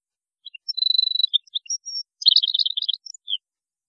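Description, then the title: European goldfinch singing: a steady high trill, a few clear whistled notes, then a fast jangling twitter ending in a short slurred note. "Chant Chardonneret"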